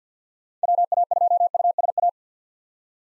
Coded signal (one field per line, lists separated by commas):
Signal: Morse code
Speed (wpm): 50 wpm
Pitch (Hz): 700 Hz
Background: none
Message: WA2USA